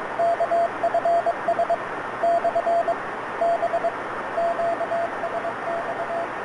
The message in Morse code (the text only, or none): KFS / B QSX